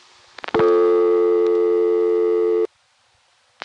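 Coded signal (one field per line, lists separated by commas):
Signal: telephone call progress tone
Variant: North America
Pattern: dial tone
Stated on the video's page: Sounds of the old analog telephone network, 1971–81.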